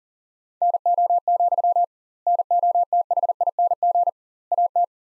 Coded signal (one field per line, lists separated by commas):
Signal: Morse code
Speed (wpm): 40 wpm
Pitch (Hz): 700 Hz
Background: none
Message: NO, NOTHING AT